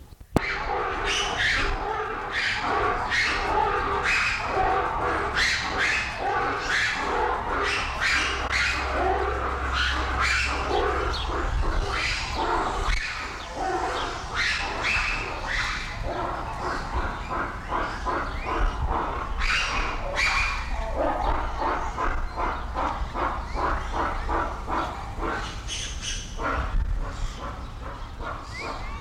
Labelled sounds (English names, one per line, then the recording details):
Japanese Macaque
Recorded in captivity
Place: Zoo Berlin, Berlin, DE
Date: 1994-07-02 10:04
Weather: sonnig, 18-24°C
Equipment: Marantz CP 430, Sennheiser ME 80, Kopie Uher Variocord 263
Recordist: Tembrock, Günter